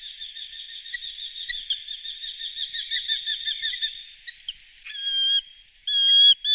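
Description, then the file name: Eurasian Hobby calls: a fast, chattering run of harsh repeated notes, followed by a few longer drawn-out single calls. "Penie ptic - CHeglok Falco subbuteo"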